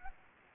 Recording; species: mosquito wingbeat signal from an infrared sensor; Anopheles arabiensis